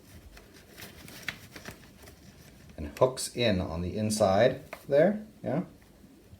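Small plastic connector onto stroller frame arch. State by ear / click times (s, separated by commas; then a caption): not seated / none. A small plastic connector is handled and hooked in on the inside of the arch of a Bugaboo Lynx stroller frame, with a few soft taps and rustles before someone talks. Nothing has seated or clicked yet; the connector is not yet pressed down into place.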